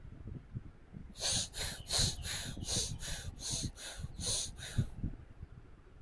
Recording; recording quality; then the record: shallow breathing; moderate, slight background noise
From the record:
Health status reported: healthy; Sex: male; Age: 25 years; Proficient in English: yes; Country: India